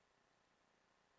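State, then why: Not seated. The left shoulder armor is being pressed onto an Armor Plus Tenku no Touma action figure, and only faint, steady low-level noise is heard with no distinct sounds. Nothing has seated or clicked yet; the armor is still being handled before it snaps on.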